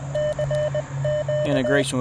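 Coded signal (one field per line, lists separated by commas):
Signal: Morse code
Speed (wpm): 20 wpm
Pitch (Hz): 600 Hz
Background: speech, radio noise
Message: CQ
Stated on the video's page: QRP CW Parks on the Air activation with a Xiegu G106, Modern Morse paddles and Chelegance JPC-12 antenna.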